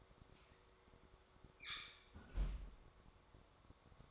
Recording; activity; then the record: daily activity, microphone in the room; close fridge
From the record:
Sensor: 3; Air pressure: 1004.6 hPa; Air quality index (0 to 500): 192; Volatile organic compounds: 13 ppm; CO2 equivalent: 2405 ppm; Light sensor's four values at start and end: 5/13/5/5 and 5/13/5/5